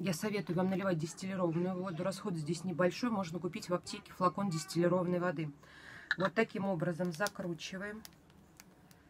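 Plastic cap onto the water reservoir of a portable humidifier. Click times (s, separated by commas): 8.3 s, 8.6 s, 8.9 s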